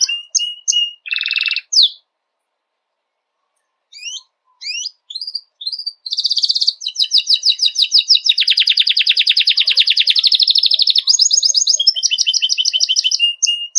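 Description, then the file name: Belgian canary song starting with scattered short notes and pauses, then building into a long continuous rolling trill with rapid repeated units and bright chirps. White Belgian canary; song. "canto do canario belga branco"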